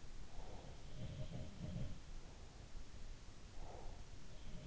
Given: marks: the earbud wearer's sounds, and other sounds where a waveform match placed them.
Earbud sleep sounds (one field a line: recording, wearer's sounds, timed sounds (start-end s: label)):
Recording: sounds in sleep by an in-ear microphone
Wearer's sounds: breath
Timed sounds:
0.00-0.81 s: breath
0.81-2.11 s: sound from someone else or the room
3.46-4.14 s: breath
4.43-4.67 s: sound from someone else or the room